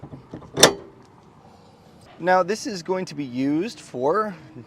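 A removable 2-inch steel receiver block from a Stealth Hitches hidden rack receiver is pushed up into the hidden hitch housing under the bumper of a 2022 Jeep Grand Cherokee WK (old body). A sharp metallic hit at 0.6 s marks the block popping into place, seated, followed by quiet and then someone talking.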